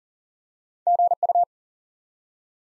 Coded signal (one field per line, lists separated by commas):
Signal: Morse code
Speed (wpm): 42 wpm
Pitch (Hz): 700 Hz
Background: none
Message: GU